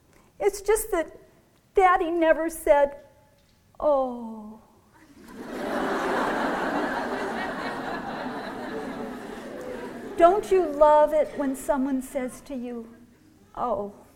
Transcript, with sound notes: it's just that Daddy never said, 'Oooh!'" [laughter] Don't you love it when someone says to you, "Oh!